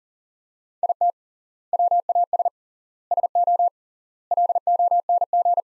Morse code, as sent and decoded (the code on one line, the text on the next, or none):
.. - / .-- .- ... / ... --- / .-.. --- -. --.
IT WAS SO LONG